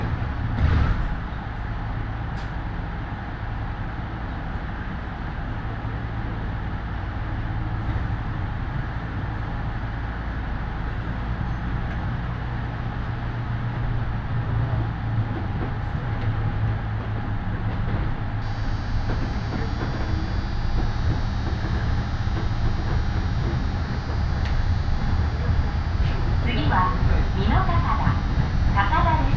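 A ride on the Yoro Railway, with a steady low rumble of the train running throughout and a faint held whine above it. Past the midpoint a thin high hiss joins in, and the last few seconds grow louder with sharp clicks and squeals.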